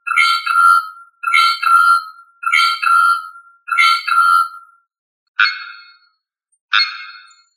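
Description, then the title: Bird repeating a ringing two-part phrase four times in steady succession, then two separate shorter, harsher notes after a pause. "LuckyPassaro Completos2Sama"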